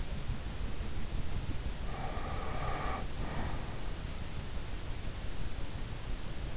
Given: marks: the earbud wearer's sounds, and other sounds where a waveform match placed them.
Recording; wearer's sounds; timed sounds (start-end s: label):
sounds in sleep by an in-ear microphone; breath
1.84-3.83 s: breath